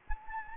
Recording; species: mosquito wingbeat signal from an infrared sensor; Anopheles gambiae